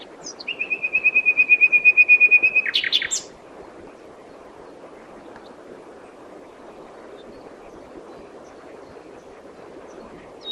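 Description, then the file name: Common nightingale song: a steady pulsing whistle repeated rapidly and swelling louder for about two seconds, breaking into a harsh burst, then long silence. "Luscinia megarhynchos"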